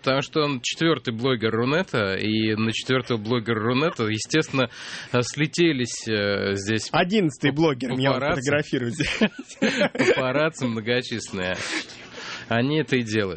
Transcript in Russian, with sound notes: Потому что он четвертый блогер Рунета, и на четвертого блогера Рунета естественно слетелись здесь.
Одиннадцатый блогер Рунета меня фотографирует здесь (смеется)
Папарацци многочисленные, они это и делают.